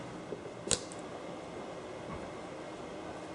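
A fitting on a new IMS gas tank for a 2017 Beta 390 motorcycle, sitting in its groove, is pressed down by hand. A sharp click comes at 0.7 s and a fainter one at 0.9 s over a low steady background hiss. The fitting ends up seated all the way down in the groove, leaving a nice gap.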